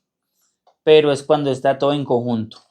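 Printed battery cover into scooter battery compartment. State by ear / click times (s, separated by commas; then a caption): not seated / none. A test-fit 3D-printed plastic battery cover is being handled at a scooter's battery compartment. Someone talks throughout, with a faint tap near 0.7 s. Nothing has seated or clicked yet.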